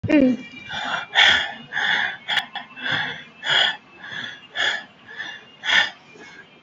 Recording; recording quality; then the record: deep breathing; excellent, no background noise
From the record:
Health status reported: COVID-19 positive, mild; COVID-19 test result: positive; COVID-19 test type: RT-PCR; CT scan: taken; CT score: 3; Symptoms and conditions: cough, cold, fever, loss of smell and taste, hypertension, diabetes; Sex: male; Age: 52 years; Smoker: no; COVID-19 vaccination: both doses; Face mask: not worn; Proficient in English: yes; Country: India